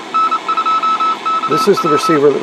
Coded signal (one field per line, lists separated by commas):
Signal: Morse code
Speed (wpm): 27 wpm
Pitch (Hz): 1310 Hz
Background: speech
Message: N2KW